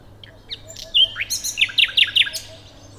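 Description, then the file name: Common nightingale song phrase: a few soft notes leading into a quick series of loud, evenly spaced downslurred notes. "Luscinia megarhynchos"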